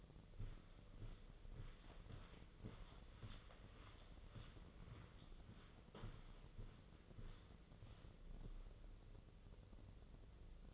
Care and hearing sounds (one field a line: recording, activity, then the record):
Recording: daily activity, microphone in the room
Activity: walk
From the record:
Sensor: 4